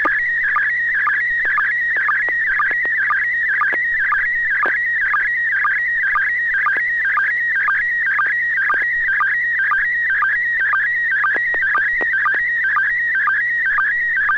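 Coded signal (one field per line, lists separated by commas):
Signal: SSTV (slow-scan television)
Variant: PD120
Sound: steady warbling tone sweeping up and down, with rhythmic low blips several times a second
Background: low hum, radio dropouts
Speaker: um Bob are you ready to transmit okay this is uh pd-120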